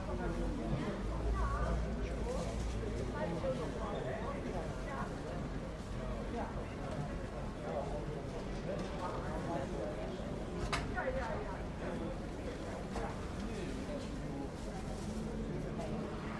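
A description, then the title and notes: A busy fruit market with a steady crowd of overlapping voices, some talking and others blending into a general murmur. A low rumble runs underneath throughout, perhaps passing traffic, and a sharp click or knock stands out near the eleventh second. The Sunday Fruit Market. We walk along and listen to the sounds of an active Fruit Market.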